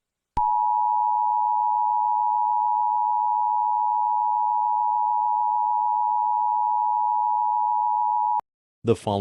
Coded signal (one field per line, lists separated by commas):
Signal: Emergency Alert System (SAME) tones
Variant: 853 and 960 Hz attention tone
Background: speech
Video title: EAS Scenario [bloody Maverick] ([mini Scenario])